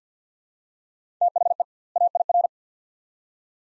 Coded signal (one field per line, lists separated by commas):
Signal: Morse code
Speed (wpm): 50 wpm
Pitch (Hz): 700 Hz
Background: none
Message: THE AIR